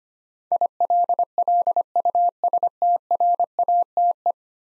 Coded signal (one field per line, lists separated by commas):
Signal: Morse code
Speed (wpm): 25 wpm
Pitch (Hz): 700 Hz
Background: none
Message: ILLUSTRATE